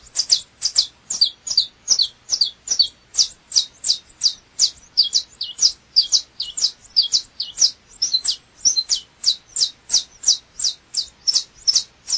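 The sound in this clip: Double-collared seedeater song: an unbroken run of sharp, high chirping notes, steady and rhythmic throughout with no other sounds.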